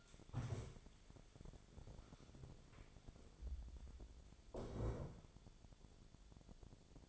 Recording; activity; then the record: daily activity, microphone in the room; stand up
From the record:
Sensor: 5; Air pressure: 1000.5 hPa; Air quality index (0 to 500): 145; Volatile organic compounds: 2 ppm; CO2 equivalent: 1125 ppm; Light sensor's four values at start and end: 47/110/46/48 and 47/110/46/48